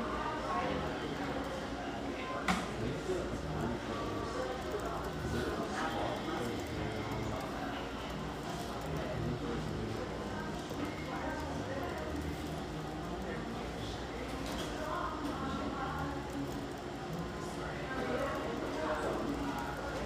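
Coffeehouse sounds in Hazelwood, Portland: a steady murmur of voices with soft radio music underneath, and occasional clinks, including a sharp one near 2.5 seconds.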